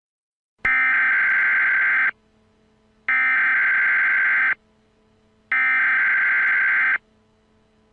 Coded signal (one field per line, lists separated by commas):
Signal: Emergency Alert System (SAME) tones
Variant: header bursts